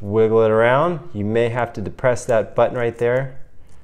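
A person talks while pushing the connector end of a pneumatic air band into the port of a handheld compressor, wiggling it around with the release button possibly held down. Voiced speech fills most of the clip, with faint handling sounds in the pauses. Nothing has seated or clicked yet.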